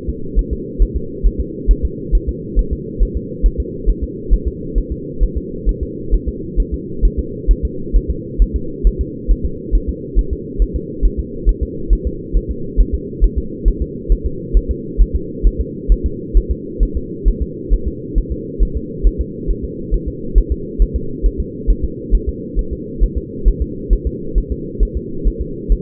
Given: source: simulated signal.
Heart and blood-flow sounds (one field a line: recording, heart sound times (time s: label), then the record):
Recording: fetal heart sounds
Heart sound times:
0.09 s: S2
0.39 s: S1
0.53 s: S2
0.82 s: S1
0.96 s: S2
1.26 s: S1
1.41 s: S2
1.71 s: S1
1.85 s: S2
2.15 s: S1
2.29 s: S2
2.59 s: S1
2.73 s: S2
3.03 s: S1
3.17 s: S2
3.46 s: S1
3.60 s: S2
3.90 s: S1
4.03 s: S2
4.34 s: S1
4.48 s: S2
4.78 s: S1
4.92 s: S2
5.23 s: S1
5.37 s: S2
5.69 s: S1
5.83 s: S2
6.14 s: S1
6.28 s: S2
6.60 s: S1
6.74 s: S2
7.05 s: S1
7.19 s: S2
7.51 s: S1
7.65 s: S2
7.96 s: S1
8.10 s: S2
8.42 s: S1
8.56 s: S2
8.87 s: S1
9.01 s: S2
9.31 s: S1
9.45 s: S2
9.75 s: S1
9.89 s: S2
10.19 s: S1
10.33 s: S2
10.62 s: S1
10.76 s: S2
11.05 s: S1
11.19 s: S2
11.49 s: S1
11.63 s: S2
11.93 s: S1
12.07 s: S2
12.37 s: S1
12.51 s: S2
12.80 s: S1
12.94 s: S2
13.24 s: S1
13.38 s: S2
13.68 s: S1
13.82 s: S2
14.12 s: S1
14.26 s: S2
14.57 s: S1
14.71 s: S2
15.01 s: S1
15.16 s: S2
15.47 s: S1
15.61 s: S2
15.92 s: S1
16.06 s: S2
16.37 s: S1
16.51 s: S2
16.83 s: S1
16.97 s: S2
17.28 s: S1
17.42 s: S2
17.73 s: S1
17.88 s: S2
18.18 s: S1
18.32 s: S2
18.63 s: S1
18.77 s: S2
19.07 s: S1
19.21 s: S2
19.50 s: S1
19.65 s: S2
19.94 s: S1
20.08 s: S2
20.38 s: S1
20.52 s: S2
20.82 s: S1
20.96 s: S2
21.26 s: S1
21.40 s: S2
21.70 s: S1
21.84 s: S2
22.15 s: S1
22.29 s: S2
22.59 s: S1
22.73 s: S2
23.03 s: S1
23.18 s: S2
23.48 s: S1
23.62 s: S2
23.93 s: S1
24.07 s: S2
24.38 s: S1
24.52 s: S2
24.83 s: S1
24.97 s: S2
25.27 s: S1
25.41 s: S2
25.72 s: S1
From the record:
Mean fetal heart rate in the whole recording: 135 bpm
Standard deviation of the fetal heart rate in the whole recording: 3 bpm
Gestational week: 36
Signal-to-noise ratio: -4.3 dB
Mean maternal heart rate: 72 bpm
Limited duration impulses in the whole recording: absent